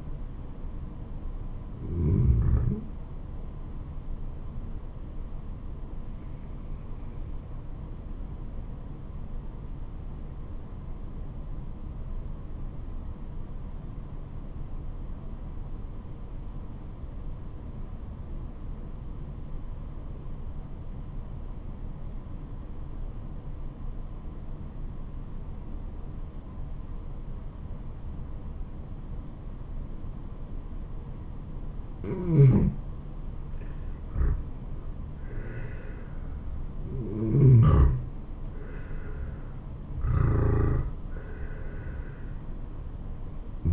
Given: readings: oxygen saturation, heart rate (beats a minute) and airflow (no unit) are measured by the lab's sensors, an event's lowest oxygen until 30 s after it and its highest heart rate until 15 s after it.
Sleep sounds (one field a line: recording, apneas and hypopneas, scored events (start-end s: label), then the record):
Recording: breathing in sleep by a smartphone at the bedside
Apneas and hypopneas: 1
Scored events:
6.00-33.60 s: obstructive apnea (N1, oxygen 96% highest, then 86% lowest, heart rate 69 at the start, 81 highest)
33.00-43.72 s: new sleep stage, N2 (light sleep)
From the record:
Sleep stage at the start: N1 (lightest sleep)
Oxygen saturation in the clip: 82 to 96%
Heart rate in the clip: 65 to 81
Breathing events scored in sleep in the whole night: 426 in 7.4 hours asleep